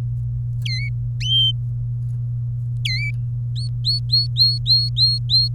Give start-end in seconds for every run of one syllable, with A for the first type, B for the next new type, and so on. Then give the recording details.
0.66-0.89 A, 2.85-3.11 A, 3.56-5.48 B. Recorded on 24 April 2018 at 11:49. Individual llb3